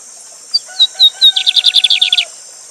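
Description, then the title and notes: Lined seedeater song: four clear slurred whistles leading into a fast, rattling buzzy trill, with constant high water noise behind. Bird called Bigode or Bigodinho, named Gavião Negro, used as a teacher song bird for tutoring, singing live beside a waterfall. "Bigode Gavião Negro Professor De Canto Cantando Ao Vivo Com Cascata. Bigodinho"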